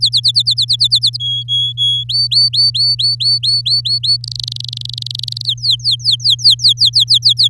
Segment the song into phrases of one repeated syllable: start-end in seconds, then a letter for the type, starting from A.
0.01-1.17 A, 1.20-2.04 B, 2.09-4.17 C, 4.24-5.46 D, 5.47-7.48 E